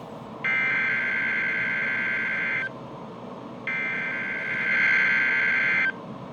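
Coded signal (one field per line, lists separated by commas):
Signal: Emergency Alert System (SAME) tones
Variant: header bursts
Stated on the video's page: Weekly National Weather Service EAS test on NOAA weather radio 162.475 MHz, Louisville, Kentucky.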